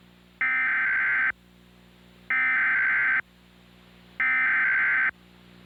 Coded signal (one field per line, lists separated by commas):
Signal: Emergency Alert System (SAME) tones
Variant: header bursts